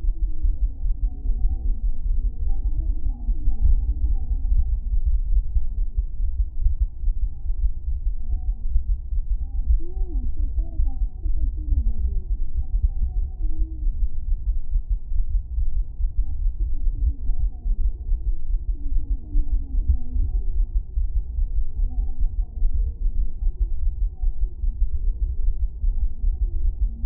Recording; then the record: fetal heart sounds by stethoscope on the mother's abdomen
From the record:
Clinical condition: thrombocytopenia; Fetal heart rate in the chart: 135 bpm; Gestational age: 35 weeks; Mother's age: 24 years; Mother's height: 153 cm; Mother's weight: 62 kg